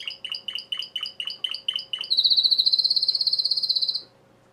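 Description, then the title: Domestic canary song, a series of evenly spaced chipping notes about five per second, flowing into a loud sustained high trill that stops abruptly. Belgian canary male singing a lot, used for warming up and training young birds. "Esquente Seu Filhote E Canario Belga Macho Cantando Muito"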